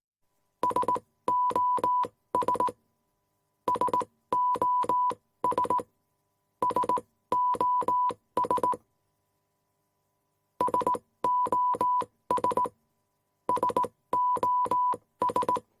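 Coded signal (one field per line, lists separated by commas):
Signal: Morse code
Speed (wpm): 18 wpm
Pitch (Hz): 990 Hz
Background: none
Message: SOS SOS SOS SOS SOS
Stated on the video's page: Morse code SOS sound effect.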